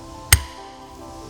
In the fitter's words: the click that tells us the gearbox cover is down